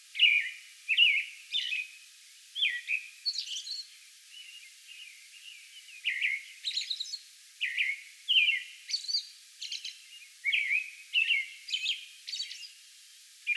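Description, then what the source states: American robin singing repeated caroling phrases, low whistled slurs interleaved with high squeaky notes, in clusters with a short lull midway. Song bout recorded May 11.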